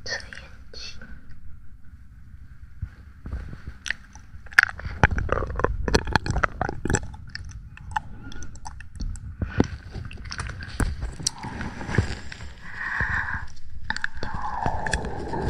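Wet mouth sounds and mic handling with gripping and tapping, dense irregular clicks and squishes, heavier thumps midway, low rumble throughout.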